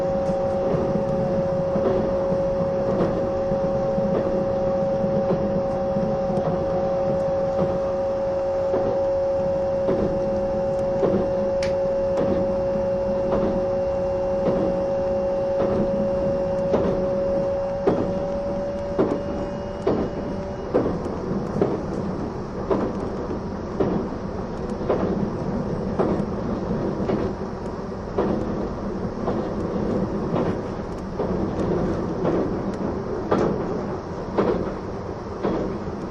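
E261 Saphir Odoriko train running, a steady rumble with a high whine that stops near twenty seconds, then quickening rhythmic rail clacks.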